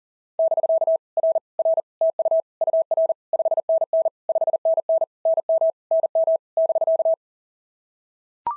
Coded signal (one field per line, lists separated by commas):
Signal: Morse code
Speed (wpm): 38 wpm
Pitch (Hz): 660 Hz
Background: none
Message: <BK> R R TU UR 5NN 5NN NM NM <BK>